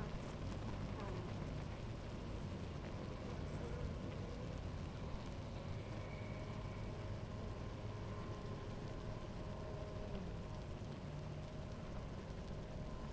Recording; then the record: honeybee colony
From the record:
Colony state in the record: active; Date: 28 July 2017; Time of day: 11:28